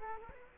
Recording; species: mosquito wingbeat signal from an infrared sensor; Culex quinquefasciatus